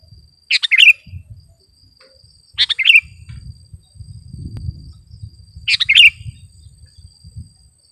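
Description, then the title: Sooty-headed bulbul song: three short jaunty phrases of tumbling notes, spaced two to three seconds apart, over a thin steady high whine and low rumble. "kutilang"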